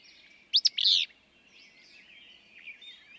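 Willow flycatcher: a single quick, explosive two-part song, two crisp notes then a rough buzz, followed by light chirping of other birds.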